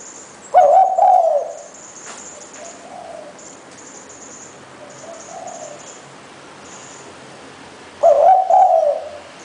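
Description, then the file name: Spotted dove coo, two wavering low phrases several seconds apart, with softer coos between and a steady high hiss. "นกเขาใหญ่"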